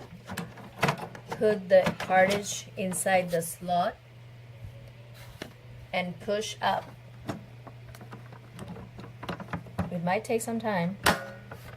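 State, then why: Seated. A tricolor ink cartridge is pushed up into its carriage slot in an HP DeskJet 2624 printer while someone talks, with a few small knocks and taps as it goes in. A sharp click at 9.8 s marks the cartridge locking into place, showing it is seated and set up.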